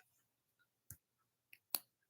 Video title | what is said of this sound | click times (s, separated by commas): Coming to you live, from the Panhandle of Florida! 7 Nov 23, 1 PM Central Time. | you hear it snap | 1.8 s